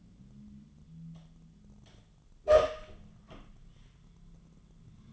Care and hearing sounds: daily activity, microphone in the room; open door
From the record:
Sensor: 4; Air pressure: 1005.8 hPa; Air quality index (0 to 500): 86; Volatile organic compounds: 2 ppm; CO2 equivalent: 1069 ppm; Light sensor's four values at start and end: 13/31/12/11 and 13/30/12/11

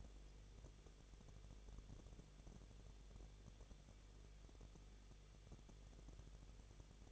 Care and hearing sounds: daily activity, microphone in the room; no activity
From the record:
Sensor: 4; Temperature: 23.0 degrees Celsius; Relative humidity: 34.3%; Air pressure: 1007.3 hPa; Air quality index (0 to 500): 217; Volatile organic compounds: 15 ppm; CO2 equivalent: 2512 ppm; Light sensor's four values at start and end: 2/3/1/1 and 2/3/1/1

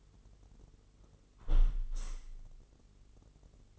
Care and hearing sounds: daily activity, microphone in the room; close window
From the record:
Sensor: 4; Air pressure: 996.5 hPa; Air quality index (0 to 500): 80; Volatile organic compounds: 3 ppm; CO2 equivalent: 1512 ppm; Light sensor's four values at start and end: 20/53/20/22 and 20/53/20/22

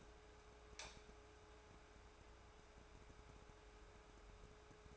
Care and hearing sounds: daily activity, microphone in the room; light on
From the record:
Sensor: 2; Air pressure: 1010.1 hPa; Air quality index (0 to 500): 159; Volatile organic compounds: 7 ppm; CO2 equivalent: 1996 ppm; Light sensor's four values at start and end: 40/96/43/48 and 45/113/49/54

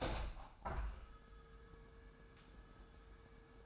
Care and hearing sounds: daily activity, microphone in the room; open window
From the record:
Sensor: 2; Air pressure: 999.9 hPa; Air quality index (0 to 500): 219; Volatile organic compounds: 48 ppm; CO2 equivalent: 3269 ppm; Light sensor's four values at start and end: 8/19/8/8 and 8/20/8/8

